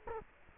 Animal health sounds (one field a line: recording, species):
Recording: mosquito wingbeat signal from an infrared sensor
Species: Culex quinquefasciatus